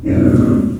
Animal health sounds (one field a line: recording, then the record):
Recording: squeal of a Yucatan mini pig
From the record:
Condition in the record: after surgery on the right vocal fold (resection and tissue-engineered implant)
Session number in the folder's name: 6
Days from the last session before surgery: 40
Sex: female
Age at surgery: 19 weeks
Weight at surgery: 25 kg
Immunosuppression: prednisolone